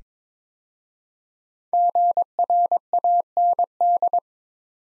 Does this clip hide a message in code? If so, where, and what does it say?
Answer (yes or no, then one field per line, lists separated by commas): yes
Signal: Morse code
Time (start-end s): 1.7-4.2 s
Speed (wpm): 22 wpm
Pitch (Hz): 700 Hz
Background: none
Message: GRAND